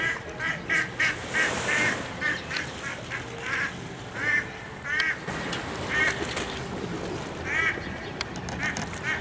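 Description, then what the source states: Duck calls, a busy series of nasal quacks from several birds, steady background noise throughout. Several ducks calling on Menorca.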